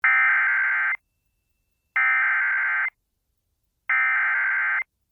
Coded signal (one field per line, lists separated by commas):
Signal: Emergency Alert System (SAME) tones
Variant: header bursts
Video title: Severe Thunderstorm Warning (Sheridan County, NE) (8/14/25) [EAS #270]